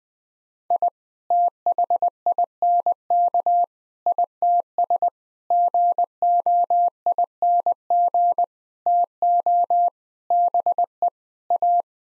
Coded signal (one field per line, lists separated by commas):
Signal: Morse code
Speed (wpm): 20 wpm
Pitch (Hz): 700 Hz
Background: none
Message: I THINK ITS GOING TO BE A